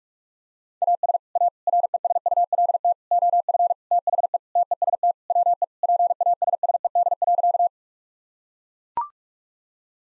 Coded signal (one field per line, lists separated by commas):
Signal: Morse code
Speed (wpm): 41 wpm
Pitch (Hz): 700 Hz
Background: none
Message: AS A RESULT OF THE TEST WE PASSED.